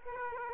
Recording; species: mosquito wingbeat signal from an infrared sensor; Aedes aegypti